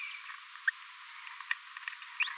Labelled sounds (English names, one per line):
Green-rumped Parrotlet babbling